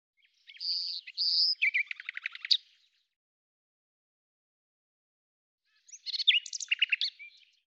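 Bird song in two phrases: clear whistled notes that run into a rapid, buzzy trill, a pause of about three seconds, then a second jumbled, trilling phrase.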